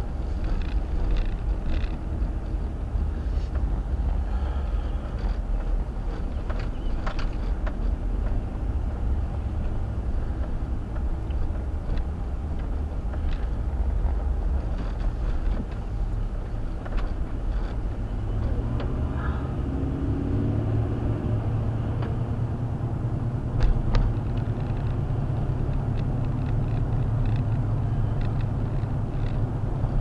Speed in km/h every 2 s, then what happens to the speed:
24, 23, 19, 21, 24, 26, 23, 16, 19, 24, 39, 42, 44, 44, 44.
0-5 steady at about 23. 5-10 speeds up to 26. 10-15 slows to 16. 15-21 speeds up to 42. 21-30 steady at about 44.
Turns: 12-18.